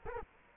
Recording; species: mosquito wingbeat signal from an infrared sensor; Culex quinquefasciatus